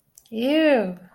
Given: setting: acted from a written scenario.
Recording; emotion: vocal sound without words; disgust